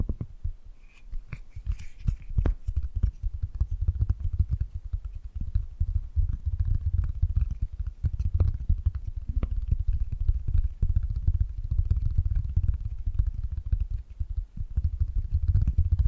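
Dense, irregular tapping and gripping sounds with sharp clicks throughout over a constant low rumble, with brief soft chirps near the start.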